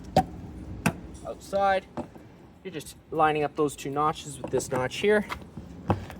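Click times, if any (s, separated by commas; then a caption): 5.9 s. Someone talks while lining up the two notches on an exterior wash/shower hose bayonet fitting with the notch on the outdoor water outlet of a 2024 Forest River Grand Surveyor 305RLBS trailer (stock 13643), then pushes and twists it. A sharp click is heard at 5.9 s as the fitting locks into place, seated.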